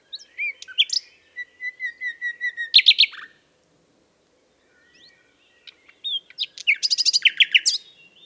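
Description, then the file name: Common nightingale song: a row of soft, evenly spaced piping notes leads into a sharp burst, then silence, then another phrase of fast, loud repeated notes. "Luscinia megarhynchos"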